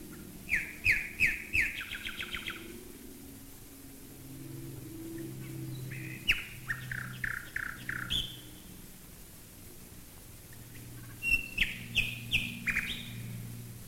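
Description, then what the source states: Common nightingale in full song: three phrases of rapid repeated notes and trills separated by short pauses, with a faint low engine hum. Nightingales singing while bombers fly overhead, 1942.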